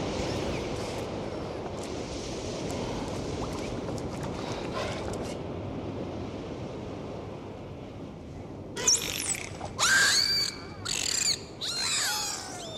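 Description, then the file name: Dolphin whistles and burst-pulse sounds, starting after a long stretch of steady hiss, with harmonic squeals and quick sweeping notes packed into the last few seconds. "Zvuki prirody - Delfiny"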